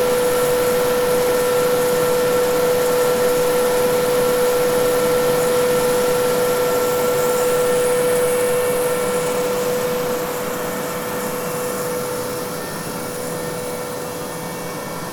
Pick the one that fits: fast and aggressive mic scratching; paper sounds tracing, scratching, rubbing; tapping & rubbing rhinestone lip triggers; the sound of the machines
the sound of the machines